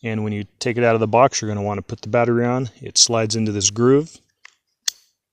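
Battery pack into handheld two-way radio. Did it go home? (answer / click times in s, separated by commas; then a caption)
yes / 4.9 s. Someone talks while sliding a battery pack into the groove on the back of a Baofeng UV-5R handheld two-way radio. The pack's plastic latch engages with a sharp click at 4.9 s, and the battery is seated.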